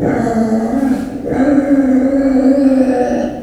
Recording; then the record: squeal of a Yucatan mini pig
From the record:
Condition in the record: after surgery on the right vocal fold (resection and tissue-engineered implant); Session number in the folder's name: 2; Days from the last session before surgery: 18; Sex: female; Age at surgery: 19 weeks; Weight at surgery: 25 kg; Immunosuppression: prednisolone